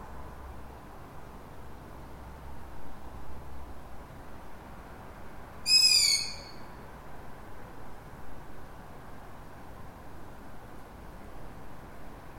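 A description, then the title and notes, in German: A lone owl gives a single sharp, high call just before the midpoint, a brief bright cry that drops slightly in pitch and fades within a second. Around it runs a steady, soft rumbling hiss, like faint traffic, with a low hum during the first two seconds. Ein einsamer Kautz. Mitten in der Stadt.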